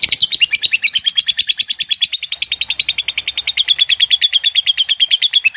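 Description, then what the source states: Lovebird giving a long chattering song, a rapid run of harsh, buzzy notes, steady and unbroken throughout. Lovebird of fighter type, giving a long ngekek, the drawn-out chattering song.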